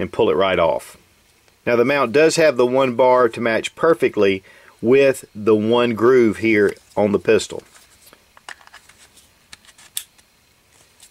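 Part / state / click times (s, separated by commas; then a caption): weapon light mount onto pistol frame rail / seated / 10.0 s. Someone talks, then a Glock GTL-10 tactical light's mount, whose single bar matches the single groove on the pistol's accessory rail, is slid onto the rail with a few light handling ticks from 8.1 s. It locks with a sharp, solid click at 10.0 s, and the light is seated securely on the pistol.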